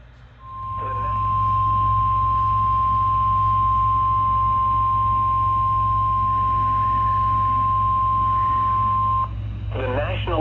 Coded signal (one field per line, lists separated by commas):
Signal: Emergency Alert System (SAME) tones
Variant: 1050 Hz attention tone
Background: speech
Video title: EAS Alerts from the last half of 2022: EAS#366-375